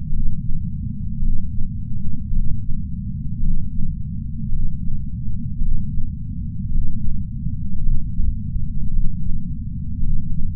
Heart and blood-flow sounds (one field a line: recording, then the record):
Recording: heart sounds by patch sensor on the chest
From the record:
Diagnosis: coronary artery disease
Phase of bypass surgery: intraoperative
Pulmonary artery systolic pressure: 24 mmHg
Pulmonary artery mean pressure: 20 mmHg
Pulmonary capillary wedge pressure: 12 mmHg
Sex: male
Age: 60 years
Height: 170 cm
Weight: 103 kg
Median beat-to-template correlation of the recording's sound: 0.88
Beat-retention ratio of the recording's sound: 0.98